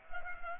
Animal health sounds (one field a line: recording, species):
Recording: mosquito wingbeat signal from an infrared sensor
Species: Culex pipiens